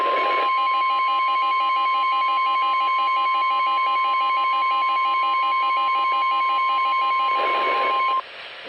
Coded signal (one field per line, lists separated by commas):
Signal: Emergency Alert System (SAME) tones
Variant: 1050 Hz attention tone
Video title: Severe T-Storm Watch + Warning | EAS #55-56